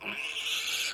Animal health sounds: pig call; piglet (1 to 25 days)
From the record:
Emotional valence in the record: negative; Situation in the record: castration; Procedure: castration, cut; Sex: male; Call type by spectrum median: high-frequency call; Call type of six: high-frequency modulated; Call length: 0.94 s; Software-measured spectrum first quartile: 2598 Hz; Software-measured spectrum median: 3307 Hz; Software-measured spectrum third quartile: 4916 Hz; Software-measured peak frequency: 2634 Hz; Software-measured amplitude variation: 119 dB a second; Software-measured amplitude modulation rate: 18.6 a second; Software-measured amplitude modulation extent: 6.4 dB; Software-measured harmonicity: 2.8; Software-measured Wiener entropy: -2.05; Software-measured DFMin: 992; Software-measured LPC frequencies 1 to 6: 1338, 2559, 3341, 4220, 6664, 9669 Hz

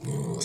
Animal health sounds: pig call; weaner (32 to 43 days)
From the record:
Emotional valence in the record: negative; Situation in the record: novel object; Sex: female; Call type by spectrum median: low-frequency call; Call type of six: mixed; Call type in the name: high-frequency modulated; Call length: 0.45 s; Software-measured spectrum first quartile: 216 Hz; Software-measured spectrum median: 1093 Hz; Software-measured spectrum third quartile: 6572 Hz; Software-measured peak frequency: 151 Hz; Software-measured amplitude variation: 130 dB a second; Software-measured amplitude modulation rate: 28.9 a second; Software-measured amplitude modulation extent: 4.5 dB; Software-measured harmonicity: 9.9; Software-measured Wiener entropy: -5.14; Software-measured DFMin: 1054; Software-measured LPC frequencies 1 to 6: 299, 2119, 3469, 4199, 5343, 6504 Hz

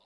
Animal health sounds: pig call; piglet (1 to 25 days)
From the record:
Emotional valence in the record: positive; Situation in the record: short reunion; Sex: female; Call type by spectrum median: low-frequency call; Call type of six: low-frequency tonal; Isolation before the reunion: 3 minutes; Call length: 0.06 s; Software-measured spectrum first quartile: 741 Hz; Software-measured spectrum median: 2352 Hz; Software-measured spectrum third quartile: 4238 Hz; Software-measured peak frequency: 975 Hz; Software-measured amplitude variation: 9 dB a second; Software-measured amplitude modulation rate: 8.5 a second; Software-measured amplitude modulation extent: 1.1 dB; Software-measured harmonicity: 1.4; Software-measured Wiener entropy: -1.62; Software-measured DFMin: 553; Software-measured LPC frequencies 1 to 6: 854, 2826, 3683, 4901, 7152, 8273 Hz

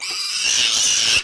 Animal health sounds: pig call; piglet (1 to 25 days)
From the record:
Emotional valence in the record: negative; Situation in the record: castration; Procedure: castration, cut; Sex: male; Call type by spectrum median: high-frequency call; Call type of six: high-frequency modulated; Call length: 1.24 s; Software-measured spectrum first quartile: 3046 Hz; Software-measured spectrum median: 4638 Hz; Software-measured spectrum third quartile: 6166 Hz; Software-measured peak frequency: 2881 Hz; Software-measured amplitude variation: 73 dB a second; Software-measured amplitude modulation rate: 27.1 a second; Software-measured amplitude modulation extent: 2.7 dB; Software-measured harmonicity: 1.7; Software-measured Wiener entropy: -1.74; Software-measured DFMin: 1039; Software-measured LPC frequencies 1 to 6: 1516, 2801, 3772, 4912, 5547, 5949 Hz

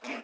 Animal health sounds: pig call; piglet (1 to 25 days)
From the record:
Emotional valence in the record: negative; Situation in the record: restrain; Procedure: in the arms of a person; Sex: female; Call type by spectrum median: low-frequency call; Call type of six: low-frequency tonal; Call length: 0.23 s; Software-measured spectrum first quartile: 483 Hz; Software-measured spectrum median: 1277 Hz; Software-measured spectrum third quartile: 2526 Hz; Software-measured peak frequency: 264 Hz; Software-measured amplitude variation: 123 dB a second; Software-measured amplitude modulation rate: 15.1 a second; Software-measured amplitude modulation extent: 8.2 dB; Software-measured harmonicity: 0.0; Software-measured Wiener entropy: -0.84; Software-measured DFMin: 960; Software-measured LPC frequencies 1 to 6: 596, 2298, 3444, 5070, 6442, 8258 Hz

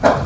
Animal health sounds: pig call; growing-finishing pig (85 days or more)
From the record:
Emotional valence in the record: positive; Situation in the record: run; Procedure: transit

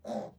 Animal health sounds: pig call; piglet (1 to 25 days)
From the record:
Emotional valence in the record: negative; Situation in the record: restrain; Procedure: back test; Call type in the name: low-frequency call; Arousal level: low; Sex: male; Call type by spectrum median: low-frequency call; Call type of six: low-frequency stable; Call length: 0.39 s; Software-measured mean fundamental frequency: 63 Hz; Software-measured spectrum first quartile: 265 Hz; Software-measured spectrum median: 519 Hz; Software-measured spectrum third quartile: 688 Hz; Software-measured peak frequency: 588 Hz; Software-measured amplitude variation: 196 dB a second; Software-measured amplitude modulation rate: 20.7 a second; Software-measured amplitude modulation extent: 9.5 dB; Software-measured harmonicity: 1.7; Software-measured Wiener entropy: -0.23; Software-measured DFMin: 1571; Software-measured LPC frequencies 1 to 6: 629, 3895, 5319, 7111, 8006, 9748 Hz

